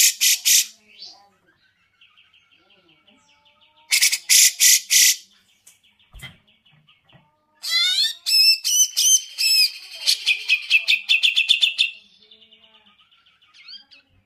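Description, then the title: Grey-cheeked bulbul song of harsh rattling bursts separated by quiet stretches, then a lively series of swooping whistled notes running into fast buzzy chatter. Tutor song for teaching birds, long duration. "Cucak Jenggot Masteran Durasi Panjang"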